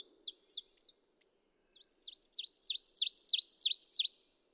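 Ovenbird song: the tail of one phrase series, a brief gap, then another run of high, emphatic paired notes rising steadily in loudness.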